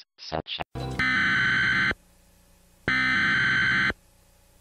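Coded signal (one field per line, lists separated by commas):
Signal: Emergency Alert System (SAME) tones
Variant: header bursts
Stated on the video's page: Fictional EAS scenario about a tornado.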